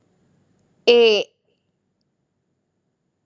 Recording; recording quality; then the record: sustained vowel as in made; excellent, no background noise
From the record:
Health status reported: healthy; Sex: female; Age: 25 years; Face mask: not worn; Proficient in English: yes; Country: India